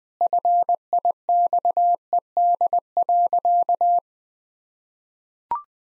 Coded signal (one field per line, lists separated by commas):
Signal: Morse code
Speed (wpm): 20 wpm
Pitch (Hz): 700 Hz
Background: none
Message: FIXED.